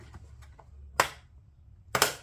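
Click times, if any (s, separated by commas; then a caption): 1.0 s, 1.9 s. A plastic dash trim piece is pushed back into place in an 11-19 Chrysler 300 S during a Tesla-style Android screen install. Its trim clip snaps into the dashboard with two sharp, bright clicks at 1.0 s and 1.9 s, over a few faint ticks and low background hum. The clip is seated.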